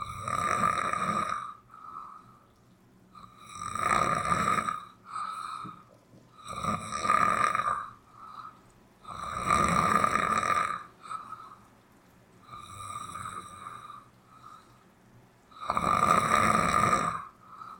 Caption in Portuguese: 10 minutos de roncos e chuva poema material do poeta sonhante.